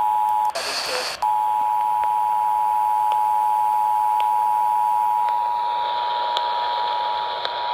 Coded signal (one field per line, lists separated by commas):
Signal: Emergency Alert System (SAME) tones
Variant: 853 and 960 Hz attention tone